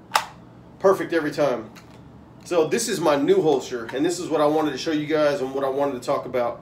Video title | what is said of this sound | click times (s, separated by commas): Concho Valley Custom Kydex review, Get more while paying less! | little click right there that connects click perfect | 0.2 s